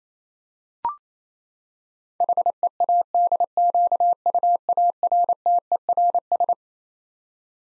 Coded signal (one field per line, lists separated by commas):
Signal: Morse code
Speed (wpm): 28 wpm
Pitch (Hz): 700 Hz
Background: none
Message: HEADQUARTERS